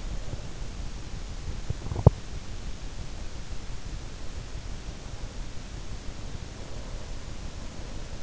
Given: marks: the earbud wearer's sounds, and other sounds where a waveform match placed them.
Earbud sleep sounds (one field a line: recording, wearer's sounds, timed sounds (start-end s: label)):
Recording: sounds in sleep by an in-ear microphone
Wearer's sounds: teeth grinding, breath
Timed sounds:
1.73-2.45 s: teeth grinding
6.25-8.23 s: breath